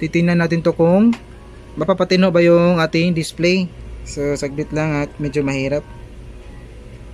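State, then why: Not seated. A flat ribbon cable is being handled at its connector on the board of a Samsung Smart TV with vertical bar lines, ready to be clipped back in and latched. Someone talks throughout over a faint low hum. Nothing has seated or clicked yet.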